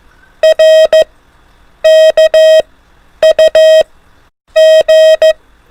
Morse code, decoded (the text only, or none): R K U G